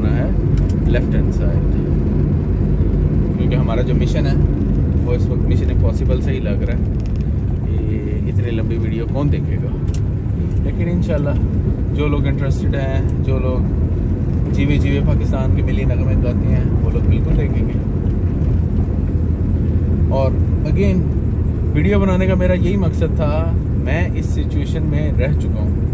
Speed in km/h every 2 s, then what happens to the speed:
32, 32, 27, 22, 23, 24, 26, 27, 27, 26, 25, 25, 25.
2-6 slows to 22. 6-26 steady at about 25.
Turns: none.